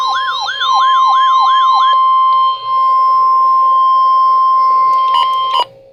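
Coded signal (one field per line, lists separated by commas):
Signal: Emergency Alert System (SAME) tones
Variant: 1050 Hz attention tone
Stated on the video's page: Required Weekly Test received on a Radio Shack 12-993 weather radio.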